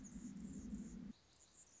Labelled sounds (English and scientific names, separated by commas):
Anna's Hummingbird (Calypte anna)